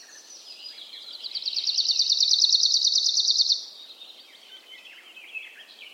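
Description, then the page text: Arctic warbler song: one even, high, rapid trill of identical ringing notes, swelling in and then stopping abruptly after a few seconds, with faint notes afterwards. Rare bird; song heard with luck, often in impenetrable forest thickets; an even ringing or trilling song; recorded by Lauri Hallikainen / Kultasointu. "Lapinuunilintu helskyttelee pöpelikössä. Harvinaisen lapinuunilinnun (Phylloscopus borealis) laulun voi päästä hyvällä tuurilla kuulemaan – usein läpitunkemattomassa metsäryteikössä. Se on tasainen helinä tai sirinä. Lapinuunilinnun äänitti Lauri Hallikainen. Kultasointu"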